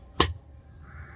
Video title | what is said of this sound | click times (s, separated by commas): Semi ഓ്ടോമാറ്റിക് washing machine. വൃത്തിയാക്കൽ.semi-automatic washing machine maintenance simple way. | That's it click sound ഇനി നമുക്ക് ഇതൊന്ന് work ചെയ്യിപ്പിച്ചു നോക്കാം guys guys അപ്പൊ | 0.2 s